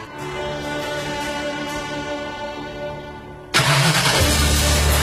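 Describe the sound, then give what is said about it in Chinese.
Soft sustained tones play for a few seconds, then a car engine abruptly cranks and catches for a test drive, settling into a loud, steady low rumble for the last second. “欢迎试驾新新车吧，请系好安全带，行驶途中不要拨打手机，尽情体验新新车帮带给您的速度和激情。”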